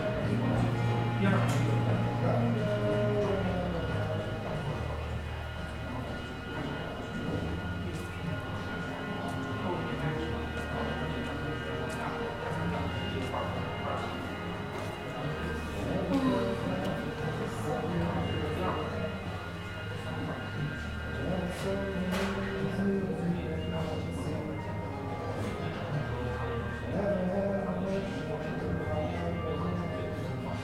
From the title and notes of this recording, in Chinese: 坐在咖啡馆有点开心｜城市声音。北京地坛旁边 没有特地录说话声。